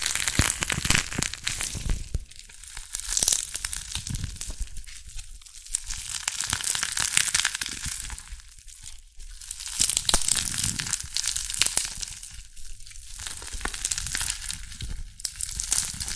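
Dalgona candy being tapped and cracked, with dense, crisp crackling and sharp clicks that come in busy bursts. Short gaps of near-quiet appear every few seconds, around 3, 5, 9 and 12 seconds, before the brittle snapping picks up again.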